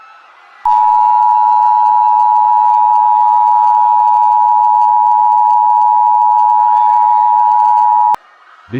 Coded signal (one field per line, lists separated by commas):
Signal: Emergency Alert System (SAME) tones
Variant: 853 and 960 Hz attention tone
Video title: Blue Moon - EAS SCENARIO #10